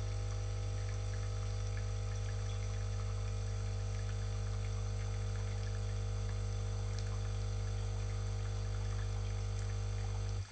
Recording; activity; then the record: daily activity, microphone in the room; make coffee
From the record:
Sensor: 4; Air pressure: 1002.9 hPa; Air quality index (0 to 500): 249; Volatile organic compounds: 20 ppm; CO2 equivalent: 2697 ppm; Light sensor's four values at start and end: 4/10/4/4 and 4/10/4/4